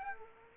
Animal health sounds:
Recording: mosquito wingbeat signal from an infrared sensor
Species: Aedes aegypti

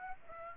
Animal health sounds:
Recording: mosquito wingbeat signal from an infrared sensor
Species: Aedes aegypti

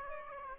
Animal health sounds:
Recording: mosquito wingbeat signal from an infrared sensor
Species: Aedes aegypti

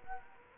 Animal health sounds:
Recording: mosquito wingbeat signal from an infrared sensor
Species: Culex quinquefasciatus

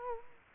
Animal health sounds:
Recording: mosquito wingbeat signal from an infrared sensor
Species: Culex quinquefasciatus

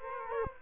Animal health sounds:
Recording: mosquito wingbeat signal from an infrared sensor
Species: Culex quinquefasciatus

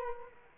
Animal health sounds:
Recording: mosquito wingbeat signal from an infrared sensor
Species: Culex quinquefasciatus

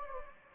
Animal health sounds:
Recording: mosquito wingbeat signal from an infrared sensor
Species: Anopheles gambiae

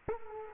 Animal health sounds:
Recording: mosquito wingbeat signal from an infrared sensor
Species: Culex quinquefasciatus

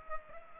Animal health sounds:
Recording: mosquito wingbeat signal from an infrared sensor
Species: Culex pipiens

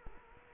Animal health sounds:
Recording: mosquito wingbeat signal from an infrared sensor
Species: Culex quinquefasciatus

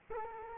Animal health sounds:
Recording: mosquito wingbeat signal from an infrared sensor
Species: Culex quinquefasciatus

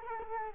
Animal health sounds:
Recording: mosquito wingbeat signal from an infrared sensor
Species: Culex quinquefasciatus

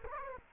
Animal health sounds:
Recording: mosquito wingbeat signal from an infrared sensor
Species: Culex quinquefasciatus

